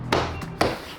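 A door card is pushed onto a Supra's car door after a GT3 RS-style door strap is threaded through it, with music playing in the background. Two sharp snaps are heard at 0.1 s and 0.6 s as the door panel clips snap home and the card is seated.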